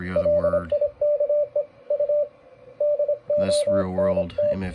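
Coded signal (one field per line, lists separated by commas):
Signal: Morse code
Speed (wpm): 25 wpm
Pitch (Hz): 590 Hz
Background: speech, radio noise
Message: LIKEU DONT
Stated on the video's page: Average CW signal on 40 metres at a bad time, with poor conditions.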